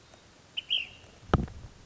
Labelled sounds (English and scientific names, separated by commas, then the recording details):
Ash-throated Flycatcher (Myiarchus cinerascens)
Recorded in Sonoma County, California